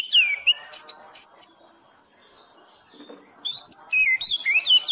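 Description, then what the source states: Thrush song of high, clear whistled notes, a pause of about two seconds, then a dense burst of varied twittering phrases. Masteran song in the 'gacor teler' style, used for training pet birds.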